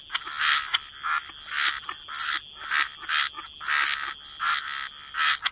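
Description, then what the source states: Frogs croaking in short raspy bursts separated by brief pauses, over a steady high background hum. Frog chorus.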